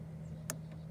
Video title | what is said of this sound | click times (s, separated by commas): 2008 Chrysler 300 Plenum removal plug install + K-seal put in coolant-head gasket leak fixed so far | like you that i hope you heard it anyway if you could not but there's a you hear a little snap | 0.5 s